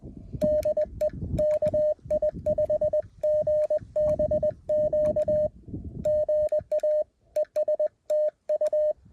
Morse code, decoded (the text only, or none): DE KI5GBQ GA ES TU